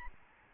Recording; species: mosquito wingbeat signal from an infrared sensor; Aedes albopictus